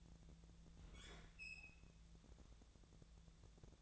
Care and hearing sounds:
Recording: daily activity, microphone in the room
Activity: open fridge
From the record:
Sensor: 3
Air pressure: 1000.1 hPa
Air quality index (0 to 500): 132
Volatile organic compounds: 2 ppm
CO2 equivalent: 1174 ppm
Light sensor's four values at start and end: 43/110/47/51 and 43/110/47/51

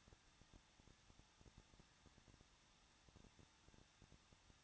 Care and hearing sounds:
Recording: daily activity, microphone in the room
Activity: no activity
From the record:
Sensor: 3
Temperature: 21.2 degrees Celsius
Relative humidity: 36.2%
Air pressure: 1006.5 hPa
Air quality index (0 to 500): 220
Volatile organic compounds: 39 ppm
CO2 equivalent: 3130 ppm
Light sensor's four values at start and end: 2/3/2/2 and 2/3/2/2

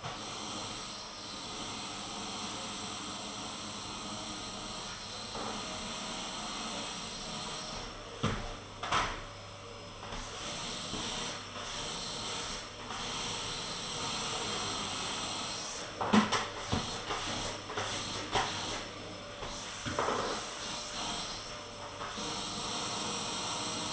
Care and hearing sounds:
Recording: daily activity, microphone in the room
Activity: vacuum cleaning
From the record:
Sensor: 4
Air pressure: 996.0 hPa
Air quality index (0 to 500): 47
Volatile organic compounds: 1 ppm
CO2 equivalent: 751 ppm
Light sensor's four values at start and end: 18/48/19/20 and 18/48/19/20

